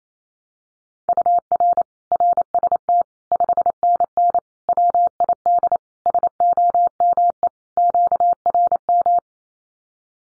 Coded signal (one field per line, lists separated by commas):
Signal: Morse code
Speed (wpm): 28 wpm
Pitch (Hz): 700 Hz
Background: none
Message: UR RST 5NN WID SOME QRM